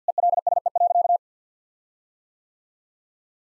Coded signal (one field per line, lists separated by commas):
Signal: Morse code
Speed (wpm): 50 wpm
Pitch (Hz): 700 Hz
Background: none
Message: ELSE.